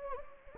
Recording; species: mosquito wingbeat signal from an infrared sensor; Anopheles gambiae